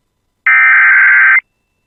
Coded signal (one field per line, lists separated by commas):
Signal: Emergency Alert System (SAME) tones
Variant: header bursts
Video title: [EAS] Severe Thunderstorm Warning for Cass and Itsaca Counties including Grand Rapids(7/25/25)